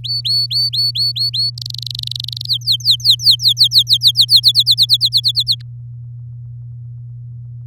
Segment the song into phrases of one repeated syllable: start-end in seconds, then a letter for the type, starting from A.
0.04-1.50 A, 1.57-2.46 B, 2.47-4.40 C, 4.43-5.55 D